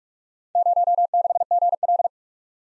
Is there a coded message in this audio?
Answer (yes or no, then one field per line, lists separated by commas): yes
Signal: Morse code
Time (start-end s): 0.6-2.1 s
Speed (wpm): 44 wpm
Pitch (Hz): 700 Hz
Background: none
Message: 06GL